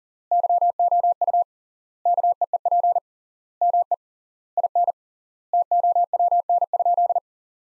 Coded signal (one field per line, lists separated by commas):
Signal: Morse code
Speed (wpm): 37 wpm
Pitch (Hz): 700 Hz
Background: none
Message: YOU KEEP ME IN TOWN?